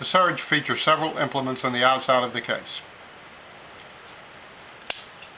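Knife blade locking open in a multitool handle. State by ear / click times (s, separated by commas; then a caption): seated / 4.9 s. Someone talks, then the long straight steel knife blade of a Leatherman Surge multitool is opened in the handle until its lock engages with a single sharp click at 4.9 s. The blade is locked open.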